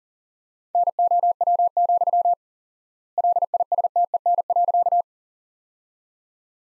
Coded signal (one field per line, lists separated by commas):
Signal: Morse code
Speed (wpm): 40 wpm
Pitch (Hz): 700 Hz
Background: none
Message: NOW, LISTEN.